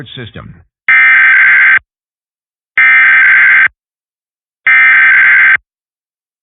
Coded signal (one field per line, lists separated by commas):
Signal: Emergency Alert System (SAME) tones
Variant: header bursts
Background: speech